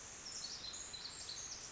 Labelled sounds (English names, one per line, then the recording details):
Pacific Wren
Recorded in Sonoma County, California